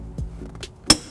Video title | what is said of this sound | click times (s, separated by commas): 2016 Toyota Highlander Trailer Hitch Installation | That click there. | 0.9 s